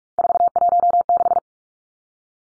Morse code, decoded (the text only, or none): 416